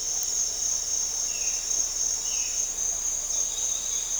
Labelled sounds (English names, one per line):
Violaceous Jay